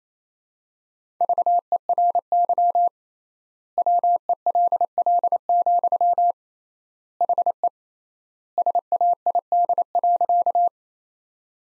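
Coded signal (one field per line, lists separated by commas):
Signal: Morse code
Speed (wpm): 28 wpm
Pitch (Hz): 700 Hz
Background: none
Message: VERY WELL, HE SAID.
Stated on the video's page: Morse practice sentences at 28 wpm with 3x standard word spacing, a word-based Farnsworth-like method.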